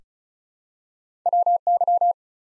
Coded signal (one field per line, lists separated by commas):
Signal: Morse code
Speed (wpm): 36 wpm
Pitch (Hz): 700 Hz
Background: none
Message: WY